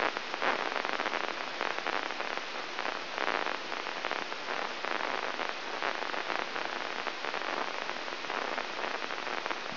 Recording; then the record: brain microelectrode recording played as sound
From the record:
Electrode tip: inside the subthalamic nucleus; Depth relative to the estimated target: -3 mm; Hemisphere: left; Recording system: AlphaMap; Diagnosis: Parkinson's disease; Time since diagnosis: 12 years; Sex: female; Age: 56 years